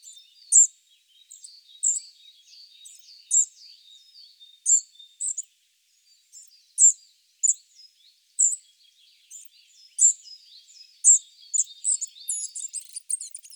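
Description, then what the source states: Spotted flycatcher calling: loud high sharp ticks each followed by softer lower clicking notes, repeated roughly every second, with a brief pause midway. Recorded in Sardinia.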